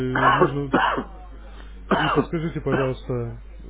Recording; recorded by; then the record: voluntary cough; telephone call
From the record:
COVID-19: positive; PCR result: checked with the laboratory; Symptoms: yes